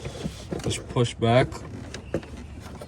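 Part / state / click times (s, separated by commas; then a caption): vacuum hose clip onto throttle body / not seated / none. A vacuum hose with fragile plastic clips is handled at the throttle body of a Mercedes R230 SL55 AMG with the M113k engine, while someone talks. Brief soft handling taps and rustles are heard. The clip ends before the hose goes home, so nothing has seated or clicked yet.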